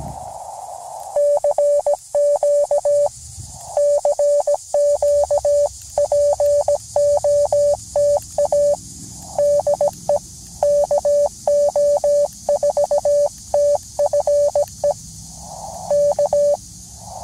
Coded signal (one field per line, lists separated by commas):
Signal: Morse code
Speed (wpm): 17 wpm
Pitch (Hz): 580 Hz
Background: none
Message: CQ CQ POTA DE KO4TFE K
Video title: CW QRP POTA | Redemption after first failed activation?!? #cw #qrp #hamradio